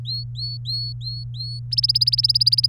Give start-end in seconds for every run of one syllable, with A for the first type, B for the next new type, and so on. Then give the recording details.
0.05-1.59 A, 1.71-2.68 B. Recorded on 24 April 2018 at 18:04. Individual llb3